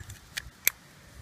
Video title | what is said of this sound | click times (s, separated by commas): Tuyaux d'arrosage, différentes tailles et qualités. Types de raccord. Points positifs et négatifs | vous appuyez. Hop, ça fait clic. Et voilà. | 0.7 s